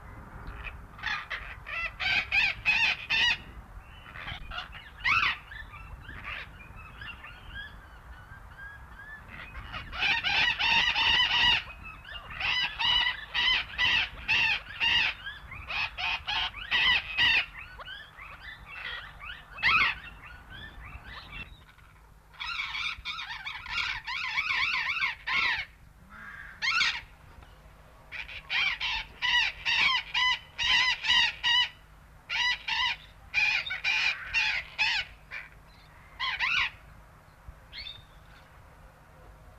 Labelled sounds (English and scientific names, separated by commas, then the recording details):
Burrowing Parrot (Cyanoliseus patagonus) call
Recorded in captivity
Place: Vogelpark Geiselwind, Bayern, DE
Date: 1970-09-28
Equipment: Halbspur, 9,5 cm/s
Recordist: Lütgens, Hans